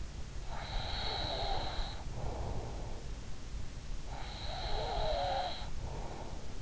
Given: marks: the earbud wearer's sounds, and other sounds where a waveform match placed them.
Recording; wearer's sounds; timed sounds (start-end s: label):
sounds in sleep by an in-ear microphone; breath
0.36-3.28 s: breath
3.91-6.42 s: breath